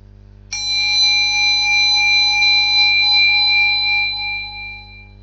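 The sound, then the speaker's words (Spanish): A small meditation bell is struck once during a guided meditation and relaxation breathing exercise, its bright, clear tone with several high overtones ringing out steadily and fading slowly over several seconds, heard alone above a faint low hum. “Va a volver a sonar una campanilla y de nuevo debéis seguir su sonido hasta el final.”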